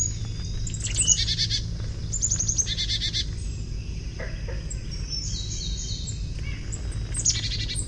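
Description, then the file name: Carolina chickadee making several short buzzy stuttered bursts of high notes separated by pauses, partly masked by constant low rumbling noise. Gargle call. "CACH chickadee gargle"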